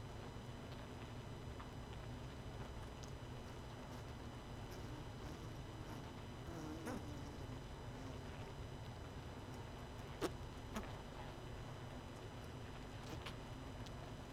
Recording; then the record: honeybee colony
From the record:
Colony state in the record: missing queen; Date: 31 May 2018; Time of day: 19:39